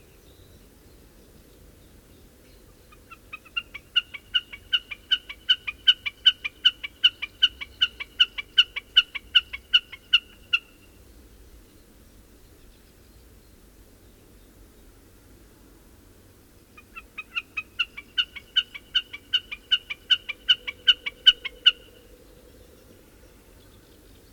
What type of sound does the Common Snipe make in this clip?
call